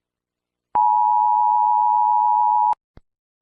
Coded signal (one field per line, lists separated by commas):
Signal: Emergency Alert System (SAME) tones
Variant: 853 and 960 Hz attention tone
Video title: EAS Scenario | Fall Of The United States | Analog Horror